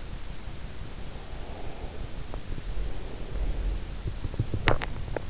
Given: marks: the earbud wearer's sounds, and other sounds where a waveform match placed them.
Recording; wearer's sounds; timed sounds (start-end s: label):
sounds in sleep by an in-ear microphone; breath, swallowing
1.26-3.94 s: breath
4.01-5.09 s: swallowing